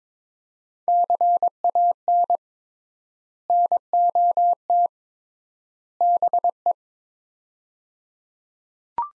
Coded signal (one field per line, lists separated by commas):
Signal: Morse code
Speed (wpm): 22 wpm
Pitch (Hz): 700 Hz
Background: none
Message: CAN NOT BE